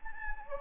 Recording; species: mosquito wingbeat signal from an infrared sensor; Anopheles gambiae